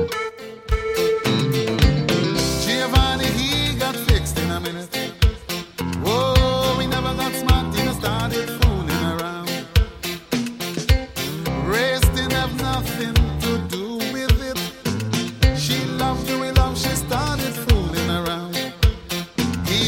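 An upbeat pop song plays loud and steady, with a driving drum beat, bright layered instruments and melodic lines running throughout, without any talking over it.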